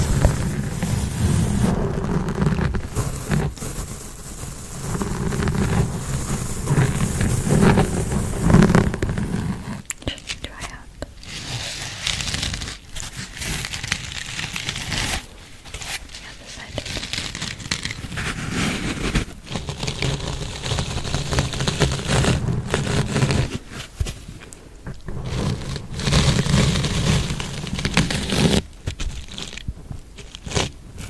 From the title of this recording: Intense Mic Scratching